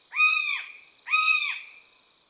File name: buse variable